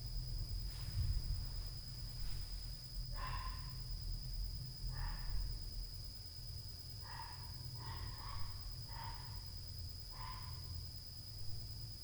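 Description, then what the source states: Irregular short dog barks, single and doubled, grow more frequent toward the end, set against a heavy low rumble and an unchanging high-pitched hum. Loud dog at night.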